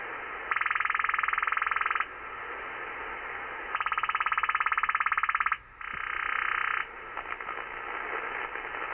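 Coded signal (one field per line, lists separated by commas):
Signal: radar signal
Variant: over-the-horizon radar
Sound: three rasping buzzy bursts of rapid clicking pulses, about 17 per second, over static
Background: radio static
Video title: Over The Horizon Radar August 14th, 2016 at 07:20 UTC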